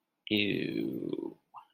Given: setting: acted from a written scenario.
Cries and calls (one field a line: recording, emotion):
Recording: vocal sound without words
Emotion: disgust